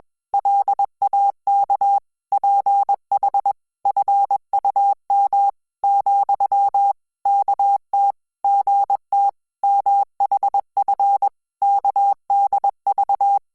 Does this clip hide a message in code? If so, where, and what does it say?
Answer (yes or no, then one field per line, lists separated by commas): yes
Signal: Morse code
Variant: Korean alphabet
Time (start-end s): 0.3-13.4 s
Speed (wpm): 21 wpm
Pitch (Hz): 800 Hz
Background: none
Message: 공 주 님 , 어 서 문 을